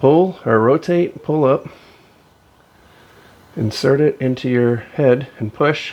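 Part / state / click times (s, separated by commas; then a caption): screw-holding screwdriver tip and a slotted screw head / not seated / none. Someone talks while the tip of a screw-holding screwdriver is rotated and pulled up, then lined up with a slotted screw head before being pushed home. A quiet stretch runs from about 1.7 to 3.6 seconds between the talking, and nothing has clicked or seated yet.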